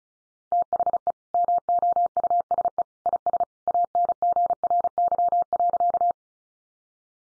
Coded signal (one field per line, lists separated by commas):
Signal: Morse code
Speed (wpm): 34 wpm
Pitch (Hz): 700 Hz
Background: none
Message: THE MOUSE IS ANGRY.